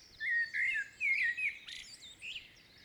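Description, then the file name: Common blackbird song: a quick series of rich, warbling whistles followed by a thin, high squeaky flourish. "Turdus merula"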